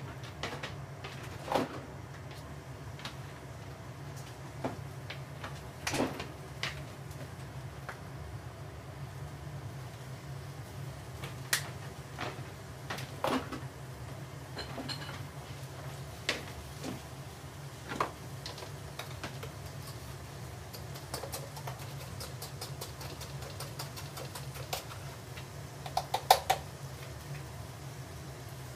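A pot of food simmers under a steady low rumble that holds for the whole half minute. Sharp clicks and knocks, like utensils or dishes touching, break in every few seconds, with a brief cluster of them near the end.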